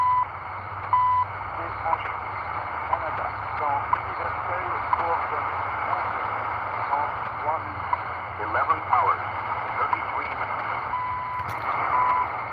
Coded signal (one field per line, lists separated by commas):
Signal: radio time signal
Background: speech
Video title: Early Morning Radio Tuning